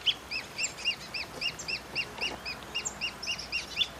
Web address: Pearl kite. صدای-پرنده-کورکور-مرواریدی